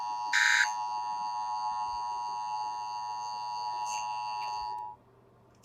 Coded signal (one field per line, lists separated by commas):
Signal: Emergency Alert System (SAME) tones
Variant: 853 and 960 Hz attention tone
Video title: EAS Scenario: 1: The Fairly Oddparents.exe